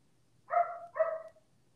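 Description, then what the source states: German Shepherd dog giving two short harmonic barks about half a second apart, then quiet with a low hum underneath. Barking in the background of a conversation; the dog has not calmed down and is expected to keep barking.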